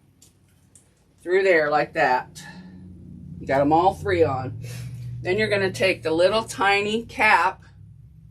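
Someone talks while handling a small rivet cap that is about to be pressed by hand onto a rivet post pushed through vinyl and cotton tote bag fabric, with all three posts already through. Only speech and faint handling sounds are heard; the cap has not yet been pressed on, and nothing has seated or clicked.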